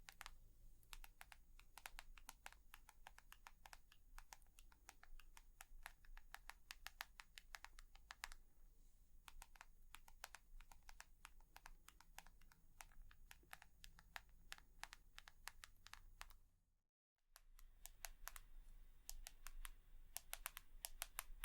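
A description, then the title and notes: Rapid tapping on a keyboard, the clicks coming in quick, uneven bursts with brief pauses between runs. A low steady hum sits underneath. Around seventeen seconds everything drops to near silence for a moment before the tapping resumes, slightly louder. Tapping.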